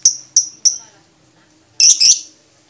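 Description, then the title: Lovebird giving three clear, high chirps in quick succession, a short pause, then two harsher, buzzy squawks. Champion lovebird with a clear voice, song used as masteran material for training other songbirds. "MASTERAN BURUNG 2. Kicau Suara Burung Lovebird Juara Suara Bening"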